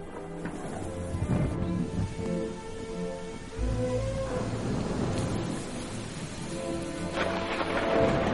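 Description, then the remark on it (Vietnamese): Steady, heavy rain pours down in a dense hiss while low thunder rumbles underneath, swelling into a louder roll midway and continuing throughout without any voices. “Bóng của lão già thất thểu đi khuất cho đến khi cơn mưa bắt đầu đổ xuống.”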